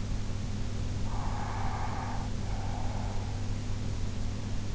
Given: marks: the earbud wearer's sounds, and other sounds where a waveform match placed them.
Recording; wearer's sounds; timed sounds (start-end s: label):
sounds in sleep by an in-ear microphone; breath
1.08-3.25 s: breath